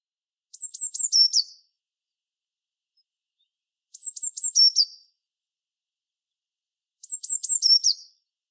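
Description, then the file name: Eurasian blue tit repeating a phrase three times, about every three seconds: several high, clipped descending notes followed by a short buzzy trill. "Cyanistes caeruleus"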